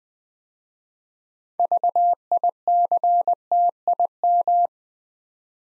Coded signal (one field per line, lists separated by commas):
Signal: Morse code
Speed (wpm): 20 wpm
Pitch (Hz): 700 Hz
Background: none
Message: VICTIM